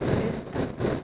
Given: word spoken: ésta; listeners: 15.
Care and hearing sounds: one Spanish word in noise, from a listening test; noise modulated by three-talker babble; -5.7 dB; 0 of 15; 6 of 15; 0.64 s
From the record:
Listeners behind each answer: 6, 2, 2, 2, 1, 1, 1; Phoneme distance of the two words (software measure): 10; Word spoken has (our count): 2 syllables, 4 phonemes, stress on syllable 1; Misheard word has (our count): 2 syllables, 4 phonemes, stress on syllable 1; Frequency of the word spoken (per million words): 164.14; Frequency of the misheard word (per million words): 537.36

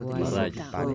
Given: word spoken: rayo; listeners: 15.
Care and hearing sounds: one Spanish word in noise, from a listening test; four-talker babble; -2.0 dB; 0 of 15; 9 of 15; 0.54 s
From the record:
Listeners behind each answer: 9, 1, 1, 1, 1, 1, 1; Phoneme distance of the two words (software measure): 7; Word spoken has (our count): 2 syllables, 4 phonemes, stress on syllable 1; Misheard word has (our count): 2 syllables, 5 phonemes, stress on syllable 1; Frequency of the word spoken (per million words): 19.39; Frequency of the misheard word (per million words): 22.43

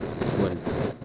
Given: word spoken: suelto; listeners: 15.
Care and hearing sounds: one Spanish word in noise, from a listening test; noise modulated by three-talker babble; -4.2 dB; 1 of 15; 8 of 15; 0.65 s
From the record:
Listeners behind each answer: 8, 5, 1, 1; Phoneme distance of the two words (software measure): 7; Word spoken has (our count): 2 syllables, 6 phonemes, stress on syllable 1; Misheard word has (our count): 2 syllables, 5 phonemes, stress on syllable 1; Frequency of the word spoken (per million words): 7.09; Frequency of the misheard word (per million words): 134.80

